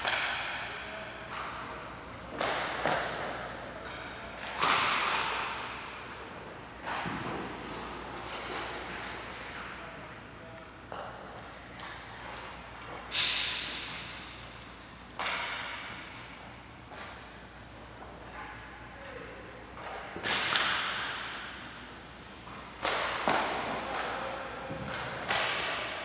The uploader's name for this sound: Hockey Practice - Ambient Noise